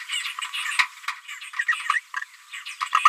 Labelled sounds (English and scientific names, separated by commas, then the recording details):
Green-rumped Parrotlet (Forpus passerinus) babbling
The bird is a female
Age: 30 days
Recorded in a nest box in Venezuela
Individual 17B73B2